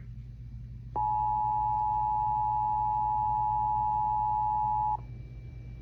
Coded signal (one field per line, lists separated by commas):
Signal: Emergency Alert System (SAME) tones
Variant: 853 and 960 Hz attention tone